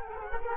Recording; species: mosquito wingbeat signal from an infrared sensor; Culex quinquefasciatus